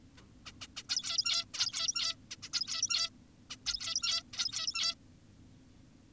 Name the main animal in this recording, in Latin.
Taeniopygia guttata